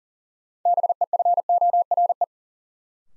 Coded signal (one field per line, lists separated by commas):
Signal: Morse code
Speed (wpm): 40 wpm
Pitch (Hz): 700 Hz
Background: none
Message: BEFORE